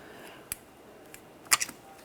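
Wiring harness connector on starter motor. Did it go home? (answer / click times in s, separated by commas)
released / 0.5 s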